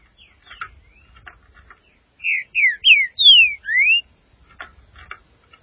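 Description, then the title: Green-winged saltator delivering a phrase of five loud, sweet, slurred whistles between bursts of soft clicking notes. "Trinca Ferro"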